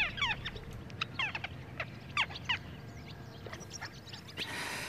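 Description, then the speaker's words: Little Gull giving many short, harsh nasal calls, fainter toward the end, with a broad rushing noise at the close. Lone bird flying north at about 100 m height in strong wind; call rendered as 'dääkkä dääkkä', a familiar sound heard clearly from the ground. "Yläpuolelta kuului tuttu ääni, dääkkä dääkkä, ja noin 100 metrin korkeudessa yksinäinen pikkulokki lensi kohti pohjoista."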